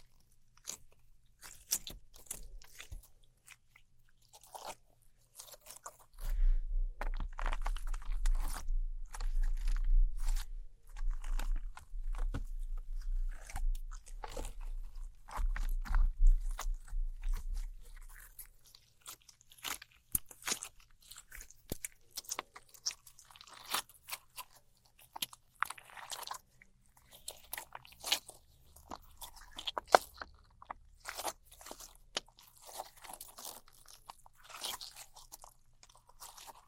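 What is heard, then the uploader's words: Sticky, crunchy handling sounds of slime, glow sticks and tape, made of dense, irregular crackles and snaps from start to finish. From about 6 to 18 seconds a loud, steady low hum runs underneath. Afterward the crackling thins into sparser clicks and pops, with one sharp snap near 30 seconds. ASMR Neon Triggers（no Talking）. Glow Sticks. Slime. Sticky Tape.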